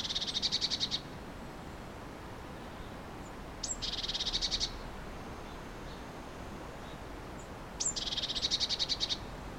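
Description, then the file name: Eurasian blue tit churring: three harsh, pulsed buzzy bursts, two led by a brief high note, separated by quiet gaps of several seconds. "Cyanistes caeruleus"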